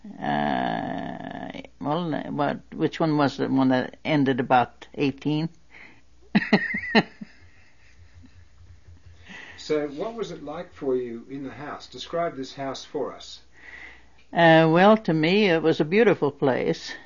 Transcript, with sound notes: Well, uh, which one was the one that ended about '18? (She laughs.)
So what was it like for you in the house. Describe this house for us.
Uh, well, to me it was a beautiful place.